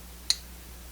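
A folding knife's stonewashed steel blade is opened one-handed and locks open into its lock in the handle. A single sharp, bright click is heard at 0.3 s over a low steady hum. The blade is seated and locked in place.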